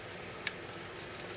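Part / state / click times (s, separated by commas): audio jack connector into a speaker enclosure mount / not seated / none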